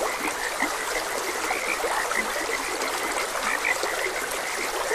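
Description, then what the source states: Frogs croaking, short low croaks and higher notes repeating over a constant rush of flowing stream water. Frogs croaking beside a gentle stream.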